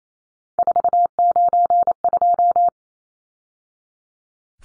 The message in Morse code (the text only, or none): 492